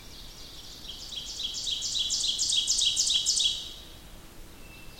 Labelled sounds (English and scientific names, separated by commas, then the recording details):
Ovenbird (Seiurus aurocapilla) song
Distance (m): 15 m
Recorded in boreal forest in Alberta, Canada, on 14 June 2016 at 05:55
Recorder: SongMeter 3, array SBT-3-33
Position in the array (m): 280 m, 279 m
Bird 22